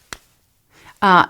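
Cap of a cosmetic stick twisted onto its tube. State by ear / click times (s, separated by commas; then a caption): seated / 0.1 s. A plastic cap on a cream bronzer/blush makeup stick is twisted shut, giving a sharp click at 0.1 s that means it is fully closed and sealed so air cannot get in and dry the product out. Someone then talks briefly after a short pause.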